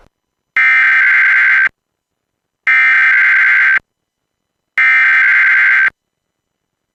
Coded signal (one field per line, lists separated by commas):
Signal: Emergency Alert System (SAME) tones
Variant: header bursts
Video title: Blue Alert/Weekly test (EAS 1-2) (first Eas video) (please read the description for an update)